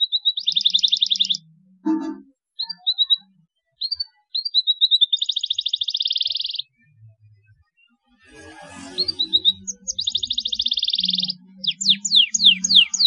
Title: Canto Para Esquentar Canário Belga. CUITAN KENARI MERANGSANG BUNYI KENARI PAUD. PANCINGAN KENARI AGAR GACOR